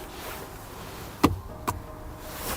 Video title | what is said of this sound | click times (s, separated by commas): Belkin Magsafe Car Mount for iPhone 12 - Is it Worth it (no) | there you go you have to sometimes adjust it so it clicks into place but you will hear a slight click | 1.2 s, 1.7 s